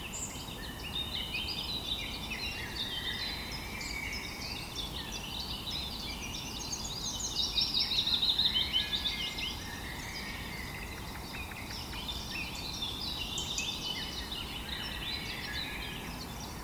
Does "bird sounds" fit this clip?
yes